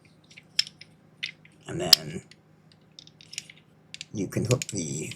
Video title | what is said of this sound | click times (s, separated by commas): Transformers Studio Series 86 Devastator Figure Review | and just kind of pull the whole thing back and let it snap into place like so. | 0.6 s